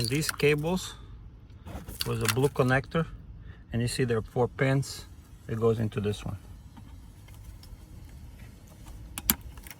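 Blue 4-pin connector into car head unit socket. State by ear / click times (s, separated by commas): seated / 9.3 s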